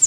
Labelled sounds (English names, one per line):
Pine Warbler flight call